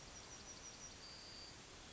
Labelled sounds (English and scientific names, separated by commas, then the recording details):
Yellowhammer (Emberiza citrinella) song
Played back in forest
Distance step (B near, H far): G
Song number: 147